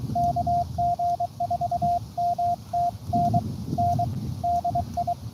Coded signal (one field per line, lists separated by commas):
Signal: Morse code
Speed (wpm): 23 wpm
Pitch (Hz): 700 Hz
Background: radio noise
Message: KG4MTN N DI